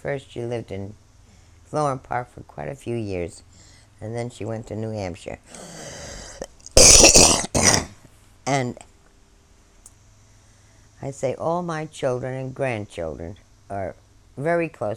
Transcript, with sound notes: First she lived in Floral Park for quite a few years, and then she went to New (coughs) And I say all my children and grandchildren are very close.